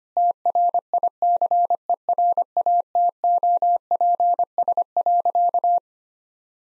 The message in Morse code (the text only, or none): TRICERATOPS.